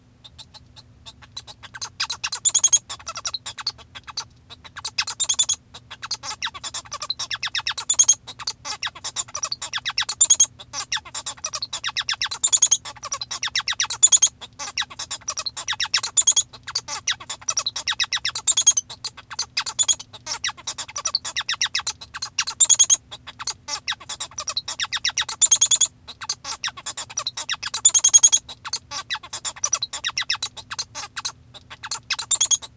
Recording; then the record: song of a male Bengalese finch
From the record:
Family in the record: father 1